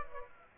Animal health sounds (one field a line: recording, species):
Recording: mosquito wingbeat signal from an infrared sensor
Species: Aedes aegypti